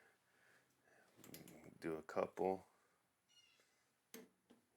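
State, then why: Torque reached. A click-type torque wrench set in foot-pounds tightens a caliper mounting bolt on the front brake of a Harley Road Glide while someone talks. A sharp, short click sounds at 4.1 s, meaning the bolt has reached torque.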